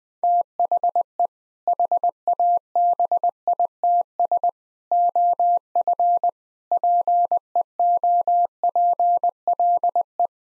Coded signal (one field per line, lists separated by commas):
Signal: Morse code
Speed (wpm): 20 wpm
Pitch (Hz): 700 Hz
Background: none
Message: THE HABITS OF PEOPLE